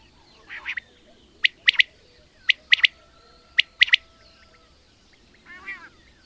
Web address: agykontroll Madardalok Cd 2. Fürj